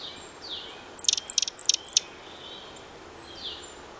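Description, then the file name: Eurasian nuthatch giving a brief burst of four sharp, high, clipped notes in quick succession, over faint background hiss. "Sitta europaea"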